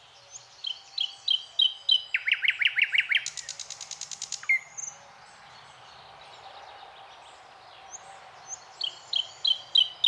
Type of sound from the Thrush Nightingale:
song